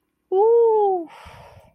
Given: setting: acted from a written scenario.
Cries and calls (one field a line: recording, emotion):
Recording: vocal sound without words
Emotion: elation